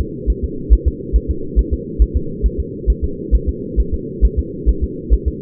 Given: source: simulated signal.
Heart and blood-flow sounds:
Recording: fetal heart sounds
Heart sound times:
0.01 s: S2
0.30 s: S1
0.44 s: S2
0.73 s: S1
0.88 s: S2
1.16 s: S1
1.31 s: S2
1.59 s: S1
1.74 s: S2
2.02 s: S1
2.17 s: S2
2.46 s: S1
2.60 s: S2
2.90 s: S1
3.04 s: S2
3.35 s: S1
3.49 s: S2
3.80 s: S1
3.94 s: S2
4.25 s: S1
4.39 s: S2
4.69 s: S1
4.84 s: S2
5.13 s: S1
5.28 s: S2
From the record:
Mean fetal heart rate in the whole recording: 135 bpm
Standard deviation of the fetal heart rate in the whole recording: 3 bpm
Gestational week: 34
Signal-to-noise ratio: -4.3 dB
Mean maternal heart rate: 72 bpm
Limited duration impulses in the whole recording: absent

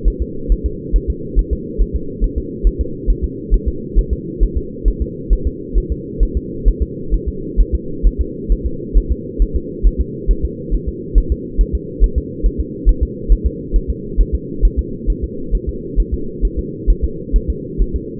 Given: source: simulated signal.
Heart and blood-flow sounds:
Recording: fetal heart sounds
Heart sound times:
0.08 s: S1
0.22 s: S2
0.52 s: S1
0.66 s: S2
0.96 s: S1
1.10 s: S2
1.39 s: S1
1.53 s: S2
1.81 s: S1
1.96 s: S2
2.24 s: S1
2.38 s: S2
2.67 s: S1
2.81 s: S2
3.10 s: S1
3.24 s: S2
3.54 s: S1
3.68 s: S2
3.99 s: S1
4.13 s: S2
4.43 s: S1
4.57 s: S2
4.88 s: S1
5.02 s: S2
5.33 s: S1
5.47 s: S2
5.78 s: S1
5.92 s: S2
6.23 s: S1
6.37 s: S2
6.68 s: S1
6.82 s: S2
7.14 s: S1
7.28 s: S2
7.60 s: S1
7.75 s: S2
8.07 s: S1
8.21 s: S2
8.52 s: S1
8.66 s: S2
8.97 s: S1
9.12 s: S2
9.42 s: S1
9.56 s: S2
9.86 s: S1
10.01 s: S2
10.31 s: S1
10.45 s: S2
10.74 s: S1
10.89 s: S2
11.18 s: S1
11.32 s: S2
11.61 s: S1
11.75 s: S2
12.04 s: S1
12.18 s: S2
12.46 s: S1
12.60 s: S2
12.89 s: S1
13.03 s: S2
13.32 s: S1
13.47 s: S2
13.76 s: S1
13.90 s: S2
14.20 s: S1
14.35 s: S2
14.65 s: S1
14.79 s: S2
15.10 s: S1
15.24 s: S2
15.55 s: S1
15.69 s: S2
16.00 s: S1
16.14 s: S2
16.45 s: S1
16.59 s: S2
16.90 s: S1
17.04 s: S2
17.36 s: S1
17.50 s: S2
17.82 s: S1
17.96 s: S2
From the record:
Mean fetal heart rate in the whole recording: 135 bpm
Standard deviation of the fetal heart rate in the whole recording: 3 bpm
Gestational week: 36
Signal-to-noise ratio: -4.3 dB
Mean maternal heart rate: 72 bpm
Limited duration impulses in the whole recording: absent

